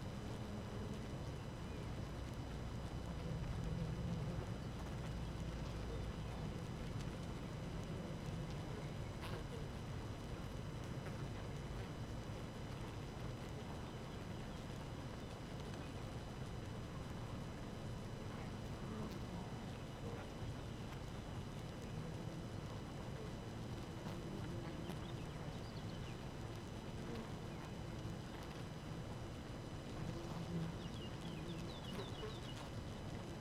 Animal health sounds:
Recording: honeybee colony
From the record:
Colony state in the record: active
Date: 12 June 2018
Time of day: 4:47

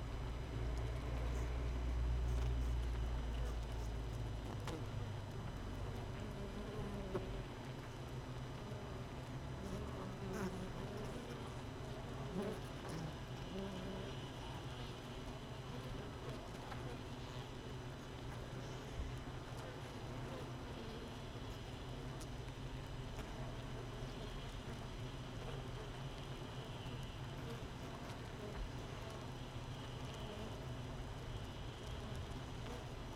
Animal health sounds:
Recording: honeybee colony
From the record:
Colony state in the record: missing queen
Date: 31 May 2018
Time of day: 7:11

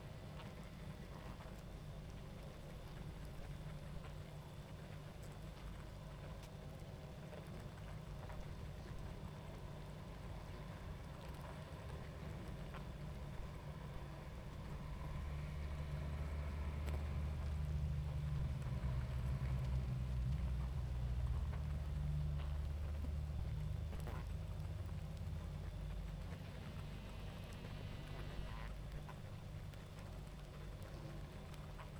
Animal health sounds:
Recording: honeybee colony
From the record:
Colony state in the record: active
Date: 28 July 2017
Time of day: 21:47

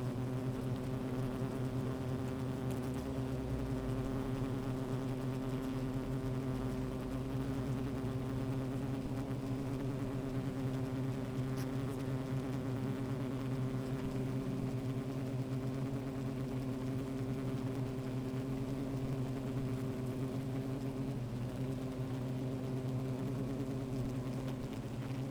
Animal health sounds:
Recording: honeybee colony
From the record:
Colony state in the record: active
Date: 28 July 2017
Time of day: 13:58

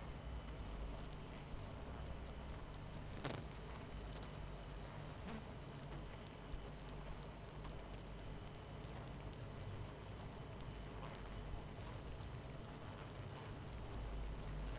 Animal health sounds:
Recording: honeybee colony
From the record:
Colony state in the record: missing queen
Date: 14 July 2017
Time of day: 23:24

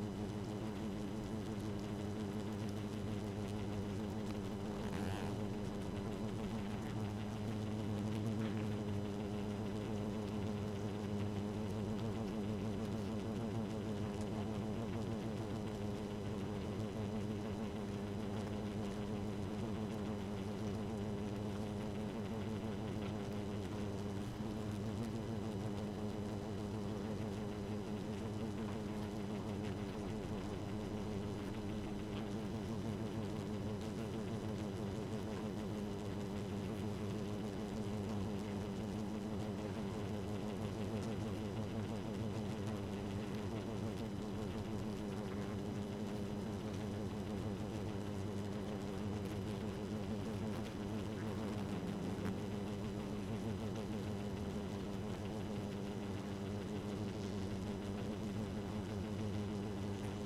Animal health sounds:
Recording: honeybee colony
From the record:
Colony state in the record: active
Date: 12 June 2018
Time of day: 1:38

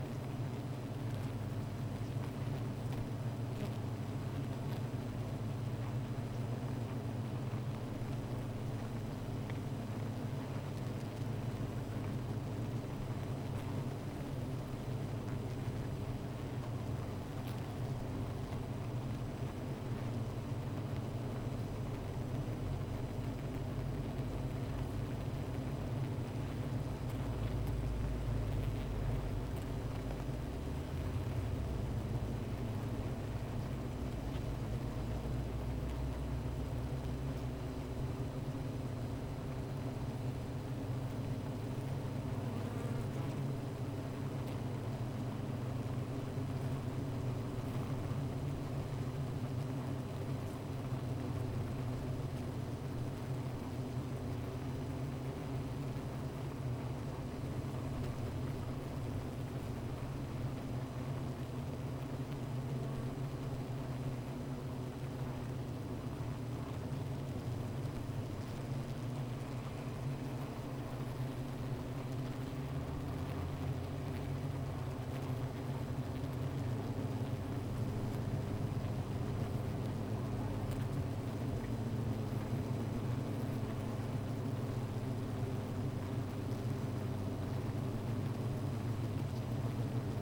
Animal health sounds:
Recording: honeybee colony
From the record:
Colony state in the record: missing queen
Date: 14 July 2017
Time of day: 15:02

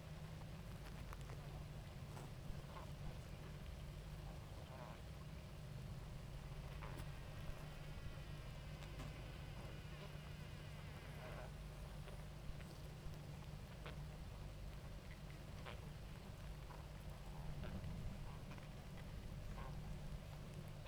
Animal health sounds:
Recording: honeybee colony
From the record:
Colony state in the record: active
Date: 28 July 2017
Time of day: 18:41

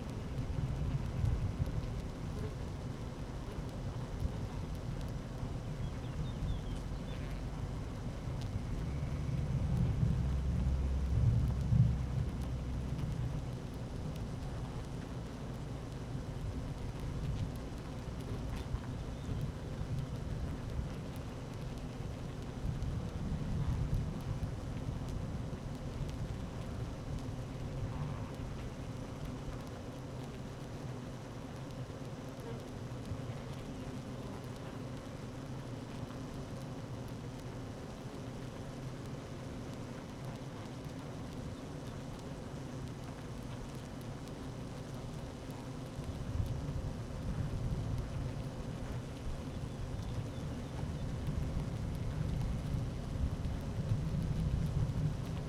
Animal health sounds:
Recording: honeybee colony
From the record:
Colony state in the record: active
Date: 12 June 2018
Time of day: 12:23

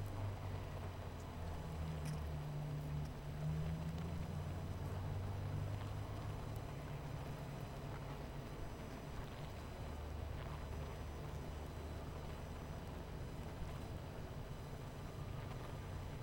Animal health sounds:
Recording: honeybee colony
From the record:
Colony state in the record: missing queen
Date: 14 July 2017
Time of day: 18:05

